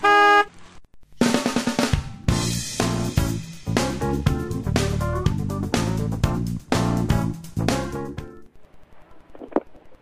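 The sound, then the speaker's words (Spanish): Car horns honk over street traffic heard through an open window during a morning radio show: a single horn tone, a brief pause, then many loud overlapping blasts of varying pitch for several seconds, trailing off into quieter street noise. “En el mañanero abrimos la ventana para que entre la calle.”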